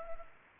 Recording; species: mosquito wingbeat signal from an infrared sensor; Culex pipiens